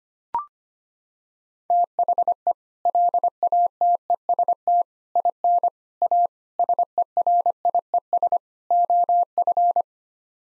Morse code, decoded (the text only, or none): THE LATEST IN A SERIES OF